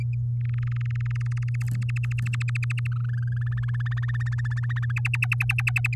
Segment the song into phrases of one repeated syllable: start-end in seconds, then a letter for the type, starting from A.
0.41-1.49 A, 1.54-2.87 B, 2.92-4.17 C, 4.19-4.92 D, 4.96-5.95 E